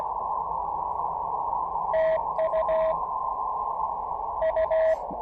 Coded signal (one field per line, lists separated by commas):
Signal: Morse code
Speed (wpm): 16 wpm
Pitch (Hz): 620 Hz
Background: radio noise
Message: TU U